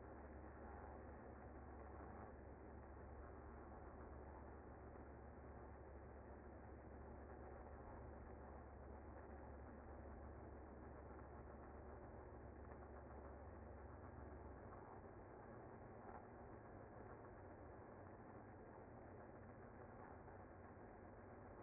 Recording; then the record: honeybee colony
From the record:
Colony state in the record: active